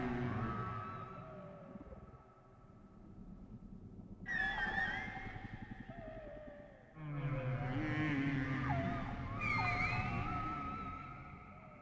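Whale calls sweep and wail through a dense low rumble, with long bending tones rising and falling over each other. Quieter moans fill the first few seconds, then bright, squealing calls burst in near four seconds and again around seven and nine seconds, layered and overlapping.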